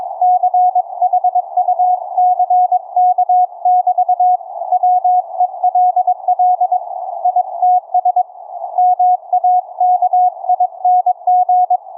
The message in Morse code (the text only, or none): CHUCK<BT> WELL ITS MAKING